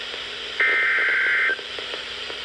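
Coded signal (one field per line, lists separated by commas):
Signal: Emergency Alert System (SAME) tones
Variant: header bursts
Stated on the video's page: EAS alerts for two flood warnings.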